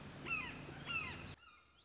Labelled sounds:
Red-shouldered Hawk (Buteo lineatus)
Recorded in Sonoma County, California

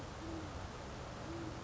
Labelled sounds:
Great Horned Owl (Bubo virginianus)
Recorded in Sonoma County, California

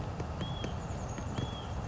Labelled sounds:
Hutton's Vireo (Vireo huttoni)
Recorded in Sonoma County, California

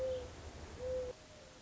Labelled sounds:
Mourning Dove (Zenaida macroura)
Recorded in Sonoma County, California

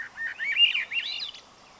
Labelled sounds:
Swainson's Thrush (Catharus ustulatus)
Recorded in Sonoma County, California

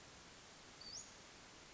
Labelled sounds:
Western Flycatcher (Empidonax difficilis)
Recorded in Sonoma County, California

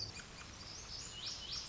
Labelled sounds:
Lazuli Bunting (Passerina amoena)
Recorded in Sonoma County, California

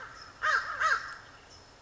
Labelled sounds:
American Crow (Corvus brachyrhynchos)
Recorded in Sonoma County, California

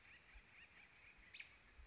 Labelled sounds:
American Robin (Turdus migratorius)
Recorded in Sonoma County, California

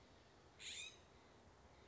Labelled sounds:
California Scrub-Jay (Aphelocoma californica)
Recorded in Sonoma County, California

